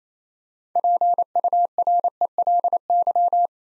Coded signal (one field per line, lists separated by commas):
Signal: Morse code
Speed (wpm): 28 wpm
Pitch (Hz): 700 Hz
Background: none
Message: PURELY